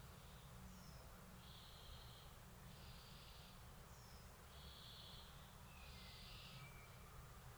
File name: Chloris chloris